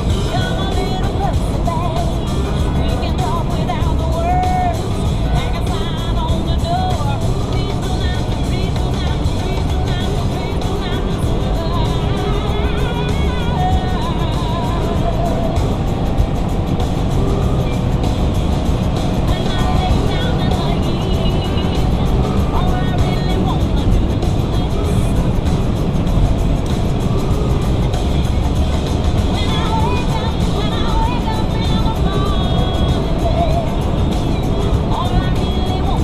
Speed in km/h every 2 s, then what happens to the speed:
143, 140, 137, 137, 137, 140, 145, 148, 150, 153, 156, 156, 156, 153, 151, 153, 153, 153.
0-8 slows to 137. 8-21 speeds up to 156. 21-36 steady at about 153.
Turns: none.